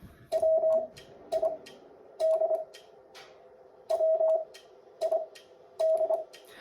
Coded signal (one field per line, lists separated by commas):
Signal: Morse code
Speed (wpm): 25 wpm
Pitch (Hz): 640 Hz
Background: none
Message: WID WID